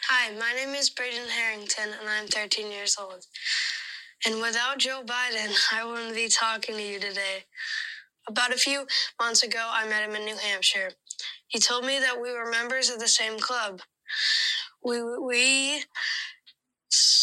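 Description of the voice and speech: A 13-year-old boy who stutters gives a prepared speech at the Democratic National Convention, mostly fluent, with several stretched word endings and brief hesitations. At the end he repeats the opening word ("we… we…") and holds it, a repetition and prolongation typical of stuttering.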